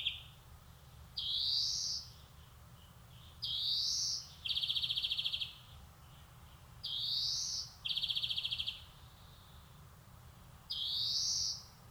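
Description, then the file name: European greenfinch giving rising nasal wheezes, some followed directly by a fast rattling trill, repeated regularly throughout against a quiet background. "Chloris chloris"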